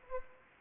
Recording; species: mosquito wingbeat signal from an infrared sensor; Anopheles arabiensis